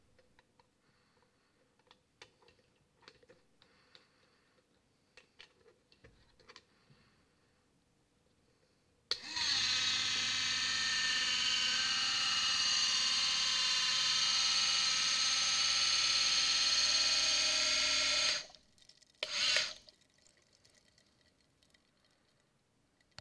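An underwater glider's ballast floods with a loud, steady rushing hiss from about 9 to 18 seconds, between faint ticks and clicks.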